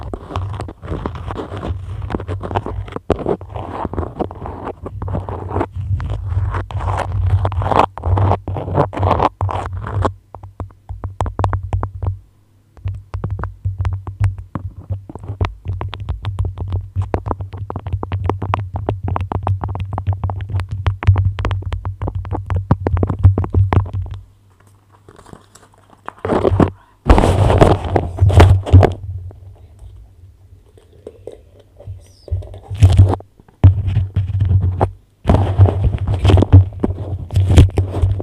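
Beeswax wrap is handled close up, with dense crinkling and crackling for the first ten seconds, then sparser scratchy rustles. After a near-silent pause around 25 seconds come sharp taps and sticky peeling snaps. A low, steady hum runs underneath throughout.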